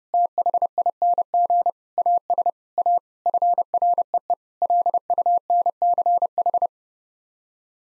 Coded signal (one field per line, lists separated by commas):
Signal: Morse code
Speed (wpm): 32 wpm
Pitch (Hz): 700 Hz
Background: none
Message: THING AS A FREE LUNCH